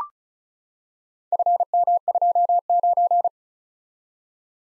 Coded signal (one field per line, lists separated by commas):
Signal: Morse code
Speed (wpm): 36 wpm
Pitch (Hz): 700 Hz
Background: none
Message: FM29